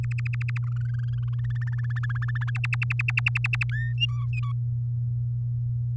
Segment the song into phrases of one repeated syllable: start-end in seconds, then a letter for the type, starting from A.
0.00-0.58 A, 0.62-1.75 B, 1.78-2.50 C, 2.55-3.63 D, 3.69-3.93 E, 3.98-4.52 F